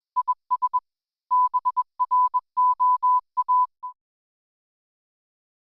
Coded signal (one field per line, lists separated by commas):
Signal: Morse code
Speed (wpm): 21 wpm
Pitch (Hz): 1000 Hz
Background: none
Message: IS BROA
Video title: Wednesday Experimenter's Group - Tassie Ham-E-Con - CW Academy - Equine Experience and Boffin.